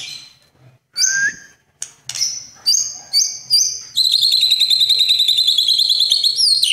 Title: Kicau Kacer